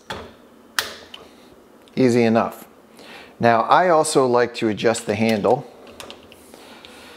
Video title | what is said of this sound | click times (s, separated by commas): 7. Mandrel your brass: Using an expander mandrel for consistent neck tension | move it over lock it back till it clicks | 0.8 s